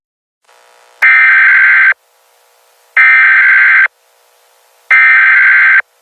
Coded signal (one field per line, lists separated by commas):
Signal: Emergency Alert System (SAME) tones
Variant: header bursts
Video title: Caillou makes a fake tornado warning and gets grounded (SERIES FINALE)